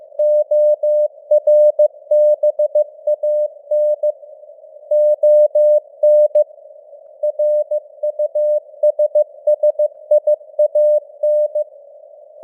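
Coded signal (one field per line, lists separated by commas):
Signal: Morse code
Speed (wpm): 15 wpm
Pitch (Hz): 600 Hz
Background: none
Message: ORBAN ON RUSSIAN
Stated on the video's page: Simulated Morse news headlines at 15 wpm with simulated radio noise and fading (QSB).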